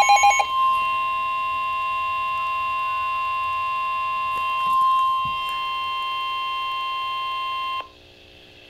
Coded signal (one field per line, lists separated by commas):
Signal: Emergency Alert System (SAME) tones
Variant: 1050 Hz attention tone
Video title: NOAA Weather Radio: Severe Thunderstorm Warning (EAS #146)